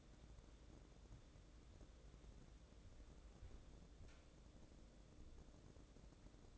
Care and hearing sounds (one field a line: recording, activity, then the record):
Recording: daily activity, microphone in the room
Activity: wipe stove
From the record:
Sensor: 3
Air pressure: 1012.3 hPa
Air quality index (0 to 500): 180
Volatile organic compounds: 3 ppm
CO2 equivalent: 1370 ppm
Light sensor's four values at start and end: 573/1425/589/604 and 572/1421/587/602